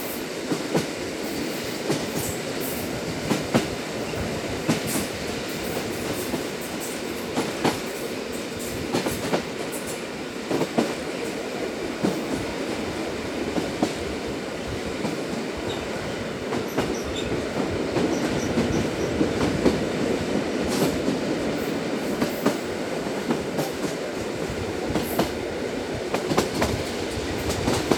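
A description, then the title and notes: Steady rumbling noise from a moving train fills all 28 seconds, heavy in the low and middle range with little change in level. Sharp clacks and rattles cut through every second or so, some brighter and louder, like wheels over rail joints. Sounds From a Train.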